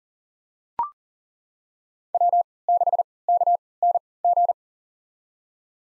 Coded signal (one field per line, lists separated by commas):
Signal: Morse code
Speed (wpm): 40 wpm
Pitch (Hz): 700 Hz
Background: none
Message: W6KNG